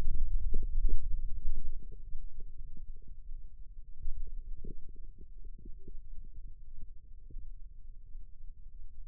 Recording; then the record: forearm muscle sounds (acoustic myography)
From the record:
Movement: ulnar deviation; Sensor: system 2, bracelet of six BSWA MPA416 microphones around the upper forearm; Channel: 5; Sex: male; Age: 22 years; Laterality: right